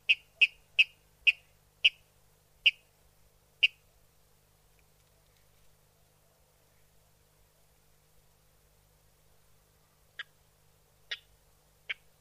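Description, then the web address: Water rail uttering short, hard kip notes that slow down over four seconds, then after a silent gap three more spaced notes. Water rail call played back for a survey protocol, France. "Oiseaux Eau Raledeau Protocolerepasse Rledeau FC"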